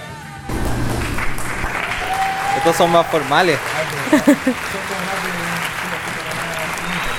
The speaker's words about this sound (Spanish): Hoy yo también tengo aplauso acá. Mira, te voy a mostrar mi aplauso.